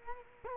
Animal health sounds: mosquito wingbeat signal from an infrared sensor; Culex quinquefasciatus

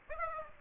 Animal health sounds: mosquito wingbeat signal from an infrared sensor; Aedes aegypti

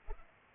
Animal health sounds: mosquito wingbeat signal from an infrared sensor; Culex pipiens

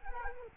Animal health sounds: mosquito wingbeat signal from an infrared sensor; Culex quinquefasciatus

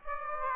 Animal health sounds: mosquito wingbeat signal from an infrared sensor; Aedes aegypti

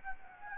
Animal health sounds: mosquito wingbeat signal from an infrared sensor; Anopheles gambiae

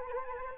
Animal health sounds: mosquito wingbeat signal from an infrared sensor; Anopheles arabiensis

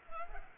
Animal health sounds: mosquito wingbeat signal from an infrared sensor; Culex pipiens

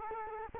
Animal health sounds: mosquito wingbeat signal from an infrared sensor; Culex quinquefasciatus

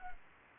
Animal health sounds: mosquito wingbeat signal from an infrared sensor; Anopheles arabiensis

